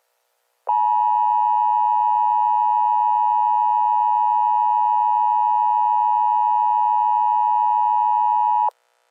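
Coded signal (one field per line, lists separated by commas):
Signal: Emergency Alert System (SAME) tones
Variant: 853 and 960 Hz attention tone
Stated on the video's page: Simulated fictional EAS scenario, not a real alert.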